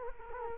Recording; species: mosquito wingbeat signal from an infrared sensor; Culex quinquefasciatus